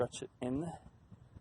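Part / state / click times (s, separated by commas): roof drip molding into car roof channel / not seated / none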